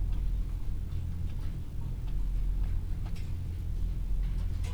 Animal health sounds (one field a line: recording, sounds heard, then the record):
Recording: poultry house recording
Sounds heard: healthy chickens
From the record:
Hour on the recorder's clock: 15